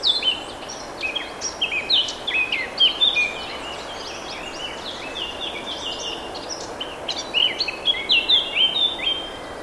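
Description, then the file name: Eurasian blackcap singing a fast, varied warble of clear whistled and chirping notes, in bursts with short pauses, over a steady background hiss. "Sylvia atricapilla"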